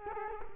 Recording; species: mosquito wingbeat signal from an infrared sensor; Culex quinquefasciatus